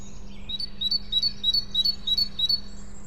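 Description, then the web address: Great tit: quick, regular paired whistled notes repeated several times over a soft background hum. "SETE data Parus major"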